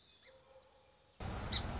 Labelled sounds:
Song Sparrow
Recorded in Sonoma County, California

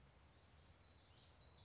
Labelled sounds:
Common Yellowthroat
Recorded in Sonoma County, California

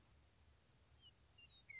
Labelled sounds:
Western Meadowlark
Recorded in Sonoma County, California

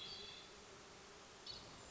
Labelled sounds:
Hermit Thrush
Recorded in Sonoma County, California

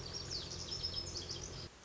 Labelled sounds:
Lazuli Bunting
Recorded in Sonoma County, California

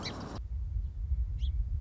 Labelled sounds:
Song Sparrow
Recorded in Sonoma County, California

